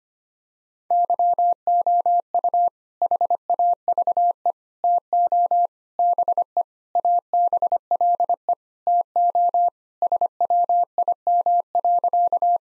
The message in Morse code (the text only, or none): YOU HAVE TO BE ABLE TO SWIM.